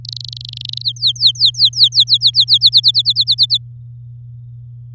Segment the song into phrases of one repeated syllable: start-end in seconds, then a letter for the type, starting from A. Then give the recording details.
0.05-0.82 A, 0.83-2.58 B, 2.61-3.58 C. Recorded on 10 May 2018 at 05:44. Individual llb16